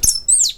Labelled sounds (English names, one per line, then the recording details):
Stitchbird song
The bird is a male
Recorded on Tiritiri Matangi Island, New Zealand, in 2005
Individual 18, of nest box 26